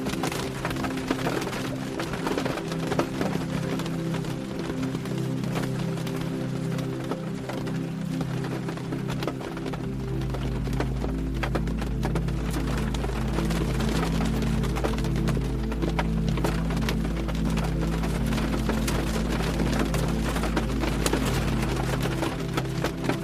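Soft ambient music holds low sustained tones, deepening after ten seconds, while dense, steady crackling patter of rain runs throughout.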